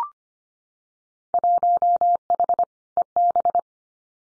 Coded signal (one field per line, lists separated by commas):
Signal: Morse code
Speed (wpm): 25 wpm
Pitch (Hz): 700 Hz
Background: none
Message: 1H EB